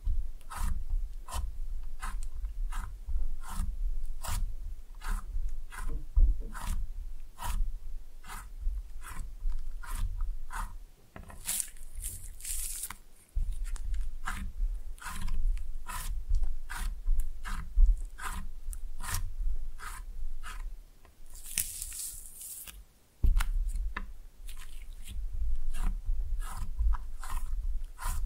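Slime being pressed and mixed, with a steady run of short, wet squishes and clicks arriving about twice a second. Deeper squelches thump underneath, and brief airy hisses rise around 13 and 21 seconds. No voices are heard.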